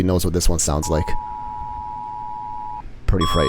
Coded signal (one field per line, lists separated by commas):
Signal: Emergency Alert System (SAME) tones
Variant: 853 and 960 Hz attention tone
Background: speech